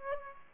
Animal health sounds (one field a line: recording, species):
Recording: mosquito wingbeat signal from an infrared sensor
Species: Aedes aegypti